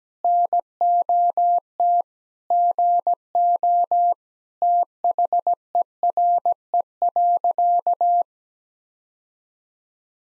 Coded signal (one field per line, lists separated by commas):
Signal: Morse code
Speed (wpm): 17 wpm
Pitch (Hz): 700 Hz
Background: none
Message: NOT GO THERE.